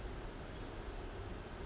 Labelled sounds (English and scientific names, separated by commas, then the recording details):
Pacific Wren (Troglodytes pacificus)
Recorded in Sonoma County, California